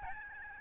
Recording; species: mosquito wingbeat signal from an infrared sensor; Aedes albopictus